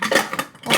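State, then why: Seated. A one-handed flip-on lid is closed onto a metal pressure cooker body, with a metallic click at 0.0 s and further short knocks around 0.3 and 0.4 s. The lid locks shut.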